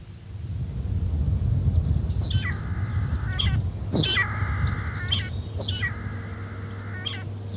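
Vegetarian finch singing three buzzy phrases in quick succession, each a sharp note then a drawn-out wheezy buzz, over a constant low hum.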